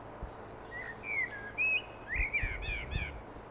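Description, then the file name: Common blackbird song phrase: a few clear fluty whistles followed by a rapid, scratchy high-pitched twitter at the end, over faint low rumble. "Turdus merula"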